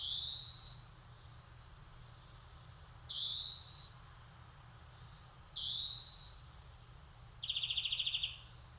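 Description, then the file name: European greenfinch calls: three nasal rising wheezes spaced well apart, then a quick chattering trill of dry notes. "Chloris chloris"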